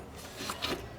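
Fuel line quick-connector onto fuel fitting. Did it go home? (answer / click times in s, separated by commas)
yes / 0.6 s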